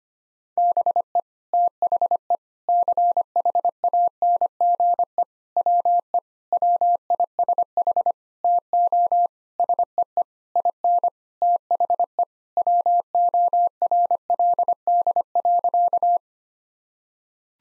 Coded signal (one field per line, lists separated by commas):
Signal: Morse code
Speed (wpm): 25 wpm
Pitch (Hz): 700 Hz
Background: none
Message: BE THE CHANGE WE WISH TO SEE IN THE WORLD.